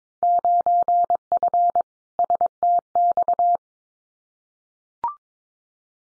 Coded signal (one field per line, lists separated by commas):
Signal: Morse code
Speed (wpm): 22 wpm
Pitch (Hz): 700 Hz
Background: none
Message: 9F STX